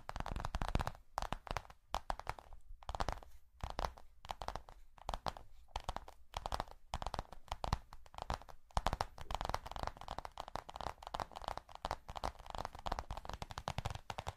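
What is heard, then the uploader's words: Tapping sounds in a brisk, uneven flurry of short dry knocks, with brief gaps in the first half. From around ten seconds the taps run together into a denser, steadier patter with a crinkly, papery texture. Charming Tapping.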